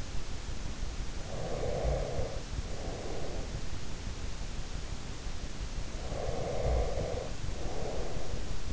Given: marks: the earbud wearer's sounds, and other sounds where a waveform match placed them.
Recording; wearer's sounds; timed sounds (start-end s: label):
sounds in sleep by an in-ear microphone; breath
0.91-3.57 s: breath
5.64-8.73 s: breath